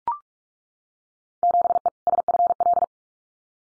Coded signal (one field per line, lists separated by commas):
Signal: Morse code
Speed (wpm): 44 wpm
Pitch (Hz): 700 Hz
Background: none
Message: 7E SFL